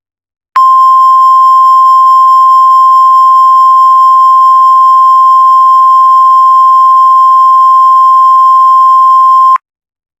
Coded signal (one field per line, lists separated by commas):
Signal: Emergency Alert System (SAME) tones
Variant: 1050 Hz attention tone